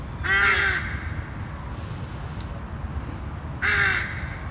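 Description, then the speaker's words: Rook calls: two harsh, grating caws about three seconds apart, over a steady low rumble. Rooks calling in treetops of a rookery in Lund, Skåne; several nests there; colonially breeding bird. "Ovanför mig i trädkronorna ropar råkorna."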